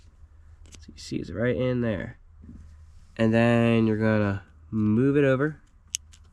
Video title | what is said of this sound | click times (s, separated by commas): Squirrel hunting with air gun! (Insane chase!!!) | till it clicks. Then another one in. | 6.0 s